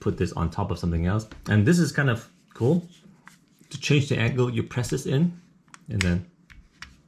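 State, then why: Not seated. Someone talks while handling the angle-adjust hinge of a SmallRig SR-RG1 plastic remote shooting grip, pressing in its release button to change the angle, with a couple of faint sharp ticks near the end. Nothing has seated or clicked into place yet.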